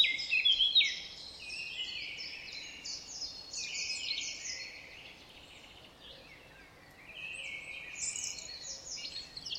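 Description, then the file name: Eurasian blackcap: a loud burst of quick high chirps opens, followed by quieter scratchy twittering and another brief warbled phrase at the end. "Sylvia atricapilla"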